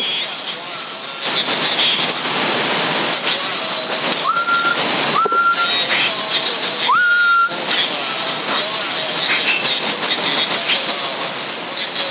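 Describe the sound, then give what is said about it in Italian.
Steady band-limited CB radio static hisses throughout, broken by three short rising carrier whistle tones at a mid pitch, each sliding up and holding briefly before cutting off; CB radio in Sassari, February 2021. “Ecco perché c'è una portantina, ecco perché si è chiuso il fischio.”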